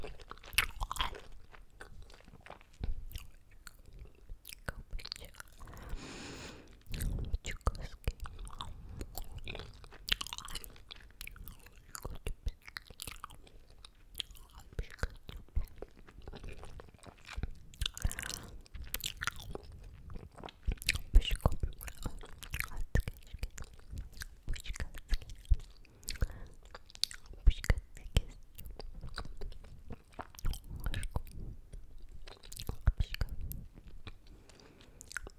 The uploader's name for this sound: EATING SOUNDS LOLLIPOP CANDY